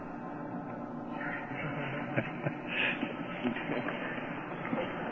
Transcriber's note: chuckles